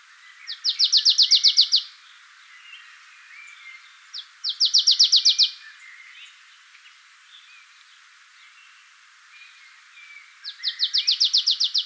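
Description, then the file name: Marsh tit giving three rapid rattling phrases of about ten even notes, each lasting over a second, with pauses of a few seconds between. "Poecile palustris"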